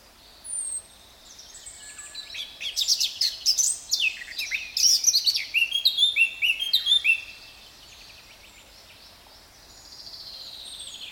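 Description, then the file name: Eurasian blackcap song: a rich warbling phrase of rapid varied notes that grows louder and then fades, with a faint thin high note before and after. "Sylvia atricapilla"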